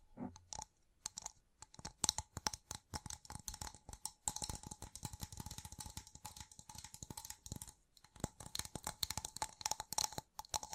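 Gem-covered fingertips tap and scratch in quick, dense flurries of crisp clicks and rasps that crackle high and bright, some settling into a faint steady ring. The activity stays busy throughout, with brief pauses near the start and just before eight seconds.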